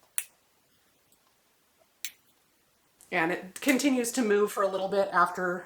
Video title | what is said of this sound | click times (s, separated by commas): Back on Wegovy!! - Mounjaro / Wegovy Weight Loss Transformation | there are going to be two clicks just like the mjo but there's no button you just push it | 0.2 s, 2.1 s